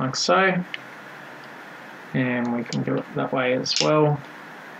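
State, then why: Not seated. A laser-cut plastic panel is being handled and pressed in another way into a small electronics enclosure, meant to lock in with a small click. Someone talks throughout, with quiet pauses between phrases. The clip ends just before the panel goes home, so nothing has seated or clicked yet.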